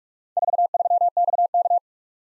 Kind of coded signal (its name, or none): Morse code